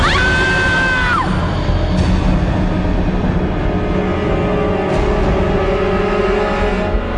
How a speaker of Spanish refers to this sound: Estaba en un estado de transición, pero de pronto un bozarrón de lo más profundo de su cuerpo afloró como un grito desgarrador.